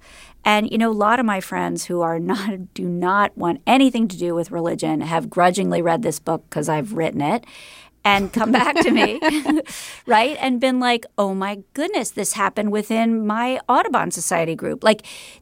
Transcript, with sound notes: And, you know, a lot of my friends who do not want anything to do with religion, have grudgingly read this book because I've written it and come back to me...
(Laughter).
Right? And been like, oh, my goodness, this happened within my Audubon Society group.